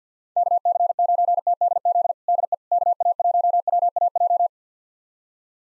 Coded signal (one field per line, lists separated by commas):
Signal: Morse code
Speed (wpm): 50 wpm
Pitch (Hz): 700 Hz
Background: none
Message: KC9TDZ DE KA1WAJ